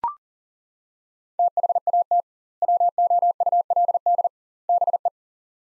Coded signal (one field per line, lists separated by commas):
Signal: Morse code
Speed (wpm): 40 wpm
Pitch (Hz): 700 Hz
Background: none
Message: THAT WOULD BE